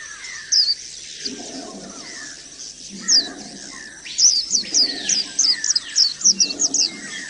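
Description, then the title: Oriental magpie-robin song: bursts of high, rapid chirps and sharp trills, with softer downslurred whistles lower down. "Kicau Kacer"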